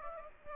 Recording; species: mosquito wingbeat signal from an infrared sensor; Aedes aegypti